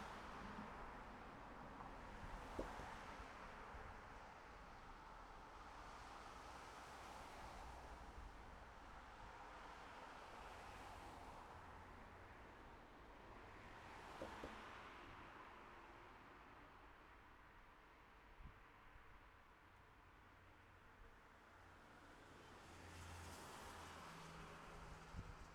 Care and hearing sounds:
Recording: everyday scene through a hearing-aid microphone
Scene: in traffic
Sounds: traffic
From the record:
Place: city secondary road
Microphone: behind the ear, left, front

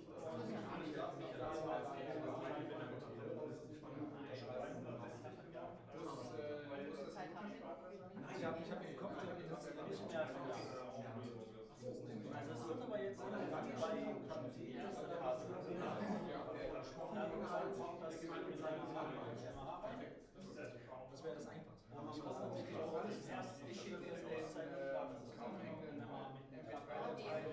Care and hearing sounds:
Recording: everyday scene through a hearing-aid microphone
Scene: many people talking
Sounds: many voices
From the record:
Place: bistro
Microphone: behind the ear, right, rear

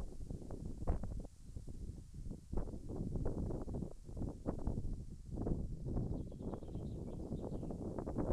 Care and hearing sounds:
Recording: everyday scene through a hearing-aid microphone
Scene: wind on the microphone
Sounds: wind, birds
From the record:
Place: in front of a rural house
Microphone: behind the ear, left, front

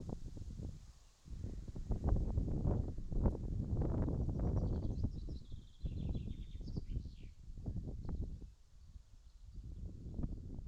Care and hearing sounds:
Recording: everyday scene through a hearing-aid microphone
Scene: wind on the microphone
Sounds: wind, birds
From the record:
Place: in front of a rural house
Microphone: in the ear canal, left

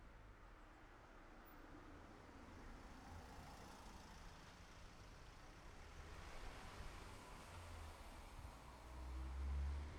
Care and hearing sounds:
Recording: everyday scene through a hearing-aid microphone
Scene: in traffic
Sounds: traffic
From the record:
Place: city secondary road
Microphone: behind the ear, left, front

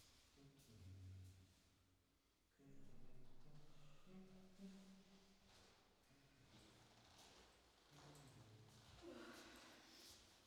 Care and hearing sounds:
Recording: everyday scene through a hearing-aid microphone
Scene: reverberant space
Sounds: speech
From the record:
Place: staircase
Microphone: in the ear canal, left

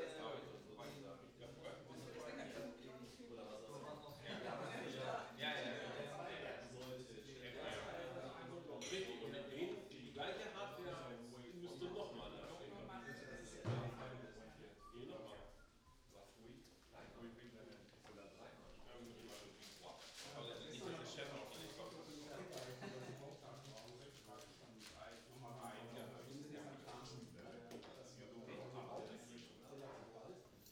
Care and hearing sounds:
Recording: everyday scene through a hearing-aid microphone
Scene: many people talking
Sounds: many voices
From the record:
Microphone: in the ear canal, right

